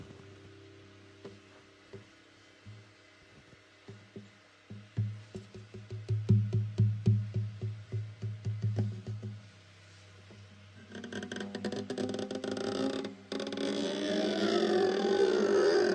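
Guitar tapping builds into rapid, steady low plucks through the middle, then gives way to brighter, denser strumming and scraping string noise near the end.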